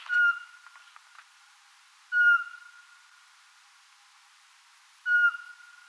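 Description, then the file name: Eurasian pygmy owl uttering piping whistled notes, three in six seconds, each a short level tone with a brief trailing tail, plus faint clicks near the start. "sperlingskauz"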